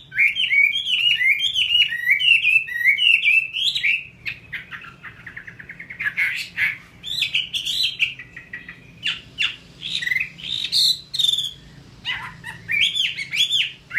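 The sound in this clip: Chinese hwamei singing a rich run of looping whistles, then quicker chattering notes and varied slurred phrases.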